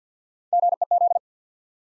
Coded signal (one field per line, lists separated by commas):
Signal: Morse code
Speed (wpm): 50 wpm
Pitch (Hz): 700 Hz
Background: none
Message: GEZ